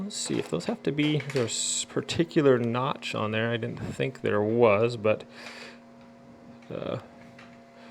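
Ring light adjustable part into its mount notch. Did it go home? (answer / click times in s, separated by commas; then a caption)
no / none. An adjustable part of a Pixel ring light is turned and moved around in its mount while someone talks, with faint handling taps and knocks under the voice. It is being worked toward a notch in the mount, and nothing has seated or clicked into place yet.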